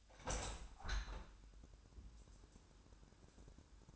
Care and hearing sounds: daily activity, microphone in the room; open window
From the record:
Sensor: 2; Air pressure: 1000.5 hPa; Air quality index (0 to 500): 127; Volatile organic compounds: 2 ppm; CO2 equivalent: 1066 ppm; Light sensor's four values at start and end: 11/31/12/14 and 12/32/13/15

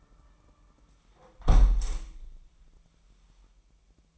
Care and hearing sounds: daily activity, microphone in the room; close window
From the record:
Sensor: 1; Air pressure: 998.6 hPa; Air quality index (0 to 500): 124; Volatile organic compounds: 3 ppm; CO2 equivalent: 1489 ppm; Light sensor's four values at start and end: 8/19/8/9 and 8/18/7/9

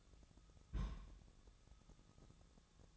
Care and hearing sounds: daily activity, microphone in the room; place on stove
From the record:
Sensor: 3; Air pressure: 999.3 hPa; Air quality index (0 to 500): 198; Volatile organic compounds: 45 ppm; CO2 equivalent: 3221 ppm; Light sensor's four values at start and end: 7/17/7/6 and 7/17/7/6

